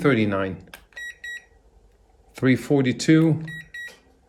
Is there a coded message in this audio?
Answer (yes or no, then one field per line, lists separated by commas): no